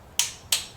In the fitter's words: so did you hear the click i'm gonna do it again